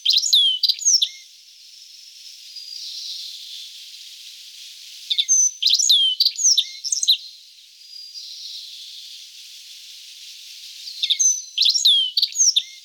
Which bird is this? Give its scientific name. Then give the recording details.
Emberiza spodocephala. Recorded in the wild. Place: Khekhsir Schutzgebiet, Khekhtsirskiy Gosudarstvennyi Prirodnyi Zakaznik, RU. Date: 1994-05-26. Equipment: Dat-Recorder Casio DA 7, Telinga DAT, Telinga-Parabolspiegel. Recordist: Schwarz, Dieter. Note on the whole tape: Song